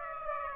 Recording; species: mosquito wingbeat signal from an infrared sensor; Aedes aegypti